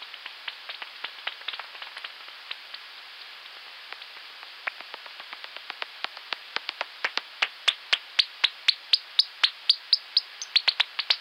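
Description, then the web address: Bat echolocation clicks, faint and irregular at first, then growing louder and steadier at about four per second toward the end. "Fledermaus"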